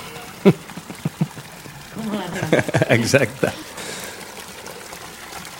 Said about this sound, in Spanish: Vamos a poner un poco de agua, que me estoy quedando seco.